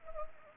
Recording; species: mosquito wingbeat signal from an infrared sensor; Anopheles gambiae